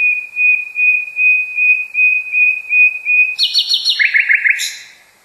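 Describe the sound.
Common Nightingale song: a steady series of pure whistled notes, then rapid trills jumping to a higher and then lower pitch.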